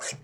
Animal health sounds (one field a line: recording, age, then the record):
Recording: pig call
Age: piglet (1 to 25 days)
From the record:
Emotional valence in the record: negative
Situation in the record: long isolation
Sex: male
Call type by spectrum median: high-frequency call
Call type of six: high-frequency stable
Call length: 0.23 s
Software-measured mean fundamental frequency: 171 Hz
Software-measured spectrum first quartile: 1318 Hz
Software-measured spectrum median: 4217 Hz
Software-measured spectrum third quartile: 6973 Hz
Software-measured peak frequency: 544 Hz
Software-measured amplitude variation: 150 dB a second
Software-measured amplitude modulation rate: 14.9 a second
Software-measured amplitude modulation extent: 10.1 dB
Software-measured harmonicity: 1.1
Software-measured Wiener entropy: -2.42